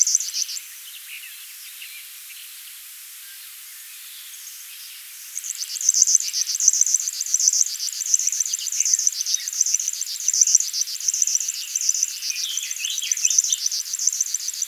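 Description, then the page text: River warbler song, a steady, fast, insect-like ticking buzz starting after a brief opening burst and about five quiet seconds, and running continuously to the end. "River Warbler Song. Quick Sounds"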